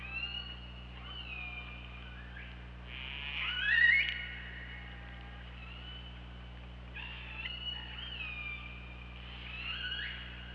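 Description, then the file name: Killer whale calls, faint harmonic tones with one louder rising squeal midway, more soft calls afterward, low hum steady underneath. OrcaLab hydrophone, 24 August 2017 at 23:34. "Orca Lab UTLN JASON 20170824 233450"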